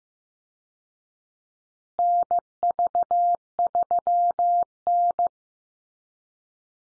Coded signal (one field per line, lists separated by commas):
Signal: Morse code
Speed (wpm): 15 wpm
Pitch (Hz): 700 Hz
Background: none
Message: NV3N